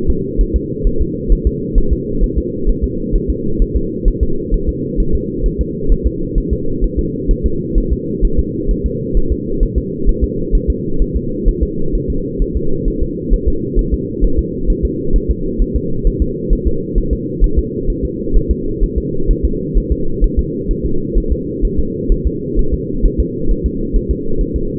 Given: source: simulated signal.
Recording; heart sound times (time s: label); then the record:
fetal heart sounds
0.10 s: S2
0.41 s: S1
0.56 s: S2
0.87 s: S1
1.02 s: S2
1.32 s: S1
1.47 s: S2
1.78 s: S1
1.93 s: S2
2.24 s: S1
2.38 s: S2
2.69 s: S1
2.84 s: S2
3.16 s: S1
3.30 s: S2
3.62 s: S1
3.77 s: S2
4.08 s: S1
4.23 s: S2
4.54 s: S1
4.69 s: S2
5.00 s: S1
5.15 s: S2
5.46 s: S1
5.61 s: S2
5.92 s: S1
6.07 s: S2
6.38 s: S1
6.53 s: S2
6.84 s: S1
6.99 s: S2
7.31 s: S1
7.46 s: S2
7.78 s: S1
7.93 s: S2
8.25 s: S1
8.39 s: S2
8.71 s: S1
8.86 s: S2
9.17 s: S1
9.32 s: S2
9.63 s: S1
9.78 s: S2
10.09 s: S1
10.24 s: S2
10.55 s: S1
10.70 s: S2
11.02 s: S1
11.16 s: S2
11.48 s: S1
11.63 s: S2
11.95 s: S1
12.10 s: S2
12.42 s: S1
12.56 s: S2
12.88 s: S1
13.03 s: S2
13.33 s: S1
13.48 s: S2
13.79 s: S1
13.94 s: S2
14.24 s: S1
14.39 s: S2
14.70 s: S1
14.85 s: S2
15.16 s: S1
15.30 s: S2
15.62 s: S1
15.76 s: S2
16.07 s: S1
16.22 s: S2
16.53 s: S1
16.67 s: S2
16.98 s: S1
17.13 s: S2
17.44 s: S1
17.58 s: S2
17.90 s: S1
18.05 s: S2
18.36 s: S1
18.51 s: S2
18.83 s: S1
18.98 s: S2
19.31 s: S1
19.45 s: S2
19.77 s: S1
19.92 s: S2
20.24 s: S1
20.39 s: S2
20.71 s: S1
20.86 s: S2
21.18 s: S1
21.32 s: S2
21.65 s: S1
21.79 s: S2
22.12 s: S1
22.27 s: S2
22.59 s: S1
22.74 s: S2
23.05 s: S1
23.20 s: S2
23.51 s: S1
23.66 s: S2
23.96 s: S1
24.11 s: S2
24.41 s: S1
24.56 s: S2
From the record:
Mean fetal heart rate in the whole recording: 130 bpm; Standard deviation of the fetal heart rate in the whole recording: 2 bpm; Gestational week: 38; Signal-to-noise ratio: -8.1 dB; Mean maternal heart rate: 72 bpm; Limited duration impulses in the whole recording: absent